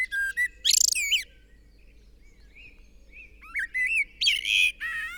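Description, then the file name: Common blackbird singing mellow whistled phrases broken by shrill, buzzy twittering bursts, a pause in the middle, then more whistles and high squeaks near the end. "Turdus merula"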